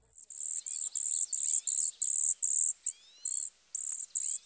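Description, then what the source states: Cedar Waxwing giving a series of thin, very high, buzzy zee notes. Flocking birds, gregarious and often traveling in large nomadic flocks; simple, subtle, buzzy high-pitched zee notes, repeated.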